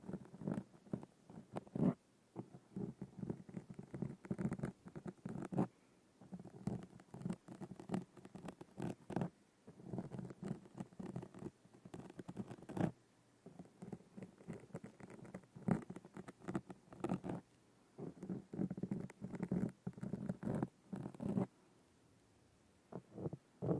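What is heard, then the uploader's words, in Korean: Hands scratch and rub against a microphone in dense bursts of rough, papery scraping and tapping, low-heavy with a thin hiss above. Flurries run a few seconds each, broken by brief near-silent pauses around 6, 13 and 21 seconds. 스크래치 소리 scratching sound. 손으로 마이크 긁는소리.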